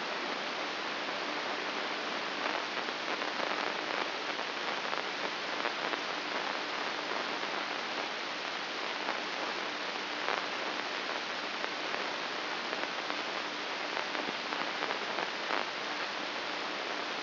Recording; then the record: brain microelectrode recording played as sound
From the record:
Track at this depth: inside the subthalamic nucleus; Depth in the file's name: 6.216 mm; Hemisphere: left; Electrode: 2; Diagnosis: Parkinson's disease